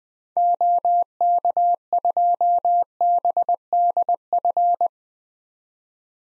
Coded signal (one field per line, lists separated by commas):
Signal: Morse code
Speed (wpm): 20 wpm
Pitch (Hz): 700 Hz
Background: none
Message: OK2BDF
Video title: 2023 SOTA Activator Call Signs - 20wpm